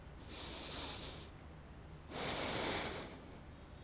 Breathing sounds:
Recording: one breath in and out by a microphone near the nose and mouth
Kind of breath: deep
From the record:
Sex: male

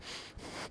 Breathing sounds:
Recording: one breath in and out by a microphone near the nose and mouth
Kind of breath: strong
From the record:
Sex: male

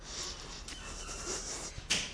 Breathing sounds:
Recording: one breath in and out by a microphone near the nose and mouth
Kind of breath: strong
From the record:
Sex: male

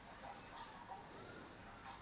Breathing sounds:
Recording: one breath in and out by a microphone near the nose and mouth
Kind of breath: normal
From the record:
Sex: male

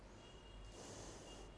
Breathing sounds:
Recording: one breath in and out by a microphone near the nose and mouth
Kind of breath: normal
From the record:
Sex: female

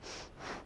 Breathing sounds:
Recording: one breath in and out by a microphone near the nose and mouth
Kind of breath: strong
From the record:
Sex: female

